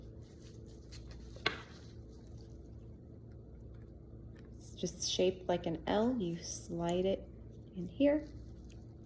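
An L-shaped insulin cartridge is handled and slid into the body of a Tandem t:slim X2 insulin pump, with a sharp tap near 1.5 s over low background hum, and someone talks from about 4.8 s to 8.3 s. The cartridge has not yet popped into place; nothing has seated or clicked.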